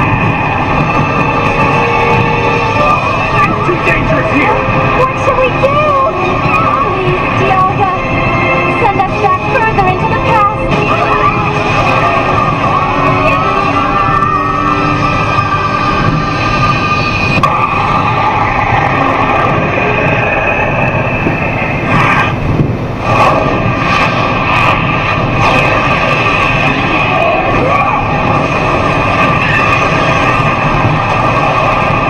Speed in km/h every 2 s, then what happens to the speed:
113, 113, 113, 113, 113, 112, 112, 113, 112, 113, 114, 114, 114, 113, 113, 113.
0-32 steady at about 113.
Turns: none.